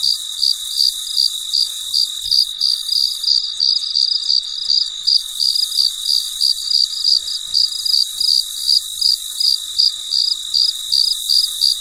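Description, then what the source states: Cricket chirping, short high pulses repeated steadily about three times a second over a continuous high hum. Late at night, in deep quiet.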